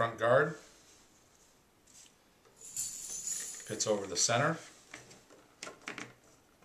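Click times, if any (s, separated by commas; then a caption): none. A front guard is handled over the center of a chain saw safety helmet and twisted, with someone talking. Metallic jangling and rattling follow, with a cluster of short sharp ticks around 5.6–6.0 s. Nothing has seated or clicked yet, and the clip ends before the front guard locks into place.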